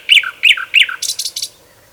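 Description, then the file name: Common nightingale song phrase: three quick twisting notes dropping in pitch, then a short run of harsh rasping notes. "Luscinia megarhynchos"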